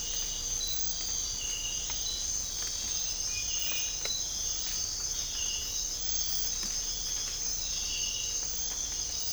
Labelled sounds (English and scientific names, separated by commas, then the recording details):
none
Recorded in dense forest near Puerto Asís, Putumayo, Colombia, on 20 December 2024 at 05:30
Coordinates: 0.499, -76.324
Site G045